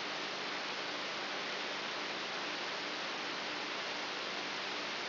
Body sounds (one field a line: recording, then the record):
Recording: brain microelectrode recording played as sound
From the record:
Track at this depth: inside the subthalamic nucleus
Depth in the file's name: 2.64 mm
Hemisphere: right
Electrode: 3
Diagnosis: Parkinson's disease